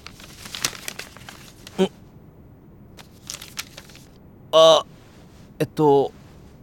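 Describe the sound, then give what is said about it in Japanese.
A paper envelope holding a letter and plane tickets is handled and opened, with soft crinkling and tearing in short irregular bursts, followed by two brief voiced murmurs from a person. “きっとこの手紙に何か。”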